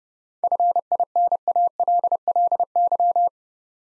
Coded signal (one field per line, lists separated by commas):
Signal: Morse code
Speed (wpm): 30 wpm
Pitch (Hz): 700 Hz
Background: none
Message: FINALLY